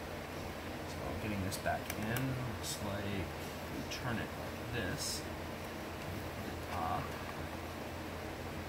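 Someone talks while lining up a removable plastic part to go back into the body of a Kenmore Progressive bagless upright vacuum and working out which way to turn it, over a steady low hum with light handling rustles. Nothing has been twisted in or snapped into place yet.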